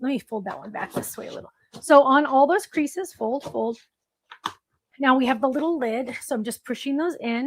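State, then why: Not seated. Someone talks while folding a die-cut cardstock watering-can card along its creases, then pushes the tabs on the card's little lid into their slots. A couple of faint, brief paper handling sounds come at about 4.3 and 4.5 seconds during a pause in the talking. Nothing has seated or clicked yet.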